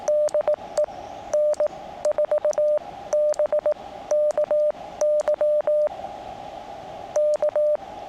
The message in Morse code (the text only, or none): DE N4BKY K